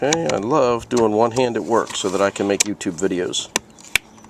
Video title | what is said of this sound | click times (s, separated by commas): 2006 Jeep Commander Trailer / Towing Wiring Harness Installation | Plug it till it clicks. So we're now connected. | 4.0 s